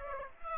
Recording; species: mosquito wingbeat signal from an infrared sensor; Aedes aegypti